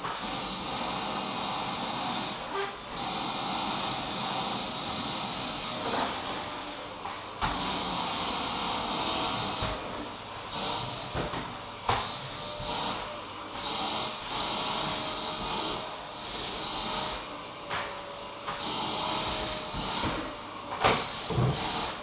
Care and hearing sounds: daily activity, microphone in the room; vacuum cleaning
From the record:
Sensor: 1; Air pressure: 995.3 hPa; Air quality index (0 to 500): 25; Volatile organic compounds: 1 ppm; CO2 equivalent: 508 ppm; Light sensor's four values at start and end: 17/56/20/22 and 17/56/20/22

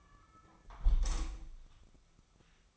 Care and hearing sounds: daily activity, microphone in the room; close window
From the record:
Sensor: 1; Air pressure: 1004.6 hPa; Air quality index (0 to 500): 108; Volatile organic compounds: 3 ppm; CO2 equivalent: 1488 ppm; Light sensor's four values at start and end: 9/21/8/9 and 8/21/8/9

